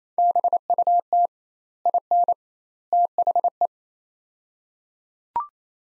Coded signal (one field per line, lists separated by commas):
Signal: Morse code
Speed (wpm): 28 wpm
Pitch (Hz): 700 Hz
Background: none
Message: BUT IN THE